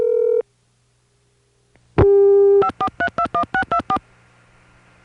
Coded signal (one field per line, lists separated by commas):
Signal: DTMF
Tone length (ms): 90 ms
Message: 54321624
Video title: Early 80s pgm. 10: Cognitronics' Early Announcing Systems on Phone and Short Wave (1972 - 1981)